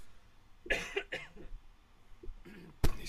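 Two short, harsh coughs in close succession, then a sharper burst near the end, each with a rough, breathy quality. They are ordinary voluntary coughs from an adult man, in a small room with some faint background noise.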